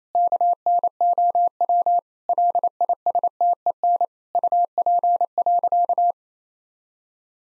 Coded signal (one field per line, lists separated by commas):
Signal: Morse code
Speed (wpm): 28 wpm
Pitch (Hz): 700 Hz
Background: none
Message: KNOW LISTEN UP.